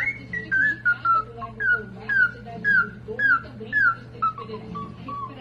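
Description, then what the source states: Cockatiel whistling a fast series of short, falling whistled notes over a steady low hum. More than one cockatiel, whistling song.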